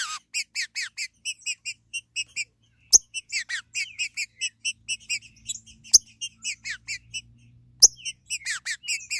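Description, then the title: Green-winged saltator song of quick, evenly spaced bright notes in bursts, with falling slurs and several loud clicks between phrases. "Trinca Ferro"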